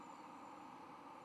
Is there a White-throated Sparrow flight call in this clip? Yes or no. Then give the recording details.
no. No flight call is heard. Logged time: 11:34 on 10 November 2014